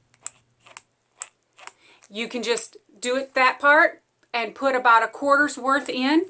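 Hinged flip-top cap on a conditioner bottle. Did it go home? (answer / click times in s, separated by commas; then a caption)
released / 0.3 s, 1.2 s. A hinged plastic flip-top cap on a conditioner bottle is snapped open so the whole lid doesn't need to be unscrewed, with sharp snaps at 0.3 s and 1.2 s among a few lighter clicks. Someone then talks as the cap is released open.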